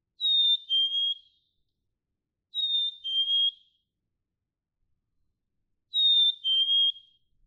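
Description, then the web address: Black-capped chickadee singing three whistled two-note fee-bee phrases, the downward step between notes clear, with uneven gaps between them. "birdsongforthecurious songs Black-capped Chickadee"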